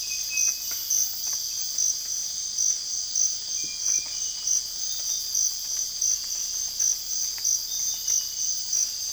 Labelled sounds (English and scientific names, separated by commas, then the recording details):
none
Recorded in dense forest near Puerto Asís, Putumayo, Colombia, on 20 December 2024 at 04:30
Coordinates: 0.484, -76.325
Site G056